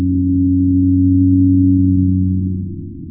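Pygmy blue whale call: one sustained, very low droning hum with stacked harmonics that holds steady for about two and a half seconds before slowly fading.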